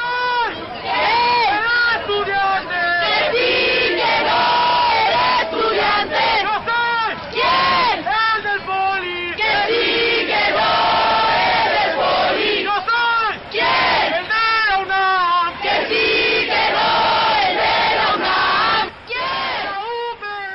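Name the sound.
protest crowd chanting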